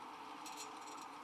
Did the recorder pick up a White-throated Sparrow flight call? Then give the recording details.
no. No flight call is heard. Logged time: 22:33 on 13 December 2014